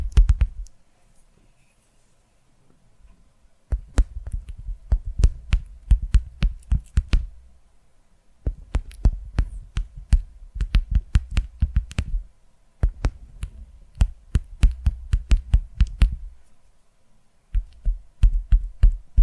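Fast, irregular tapping with dull low thumps and sharp clicks, arriving in dense bursts separated by short pauses around three, eight, and seventeen seconds.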